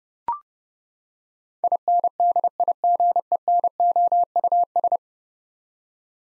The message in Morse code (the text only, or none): INDIGENOUS